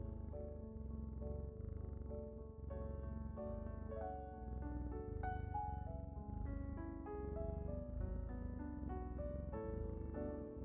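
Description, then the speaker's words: Domestic cat purring, a steady low rumbling throb throughout, overlaid by soft sustained notes of calm instrumental music. Cat purring played during the silent part of a guided relaxation meditation, mixed with calming music. "Focus on the sound of the cat's purr and drift off."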